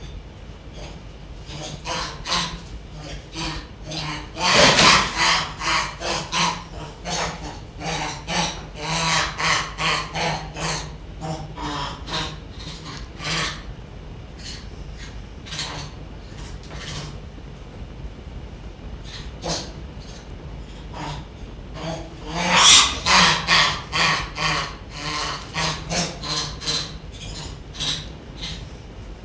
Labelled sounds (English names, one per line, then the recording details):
Rhesus Monkey
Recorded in captivity
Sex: pair
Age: adult
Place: Zoologisches Institut der HUB, Berlin, DE
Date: 1957-03-27 10:30
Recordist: Tembrock, Günter
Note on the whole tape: Weibchen (Frieda): Bettellaut, Drohlaut, Wutkreischen; Männchen (Pawel): Drohlaut, Grunzen, Bellen. Frieda wird gefüttert: Bettellaut. Pawel, der nichts erhält, droht und gerät in Wut. Obgleich Frieda Futter erhalten hatte, bricht sie in Wutkreischen aus. Abstand zum Mikrophon: 1 m